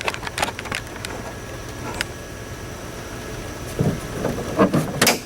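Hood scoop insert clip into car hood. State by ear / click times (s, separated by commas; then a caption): seated / 5.0 s. A plastic retaining clip on a Mopar ram air hood scoop insert for a Dodge Dart is pressed into the car's hood. Several light clicks and rattles come first, then the clip snaps sharply into place at 5.0 s, and the clip is seated.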